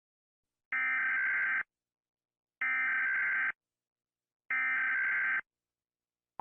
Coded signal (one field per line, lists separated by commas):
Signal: Emergency Alert System (SAME) tones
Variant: header bursts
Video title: Rating EAS Sounds by how scary they are | Gwape